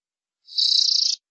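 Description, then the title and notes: Canary song, a single buzzy, high trill lasting under a second, then silence. "BM Suara Kenari. BM Suara Burung Kenari"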